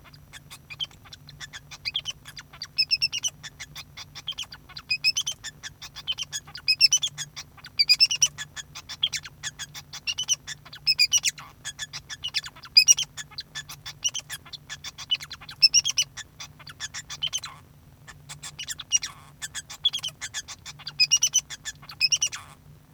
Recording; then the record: song of a male Bengalese finch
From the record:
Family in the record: son of father 2